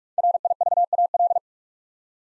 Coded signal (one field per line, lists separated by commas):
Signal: Morse code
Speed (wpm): 44 wpm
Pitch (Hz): 700 Hz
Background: none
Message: RIVAL